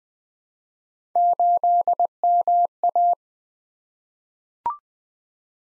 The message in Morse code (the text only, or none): 8MA